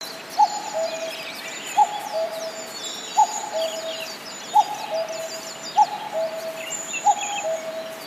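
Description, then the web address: Common cuckoo calling a two-note falling cu-coo, repeated about every 1.3 seconds, with thin high chirps of other birds in the background. "izumino saunndo kakkou"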